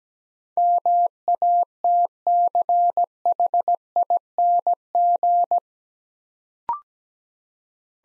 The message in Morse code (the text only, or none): MATCHING